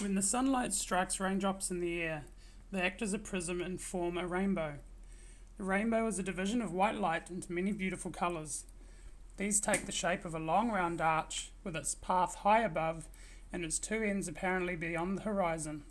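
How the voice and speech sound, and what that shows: Puberphonia: an adult reading aloud in a persistently high-pitched falsetto voice, with fluent connected speech and short pauses between phrases.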